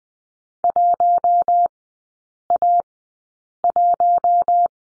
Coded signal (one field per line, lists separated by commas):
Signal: Morse code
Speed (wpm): 20 wpm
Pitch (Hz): 700 Hz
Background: none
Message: 1A1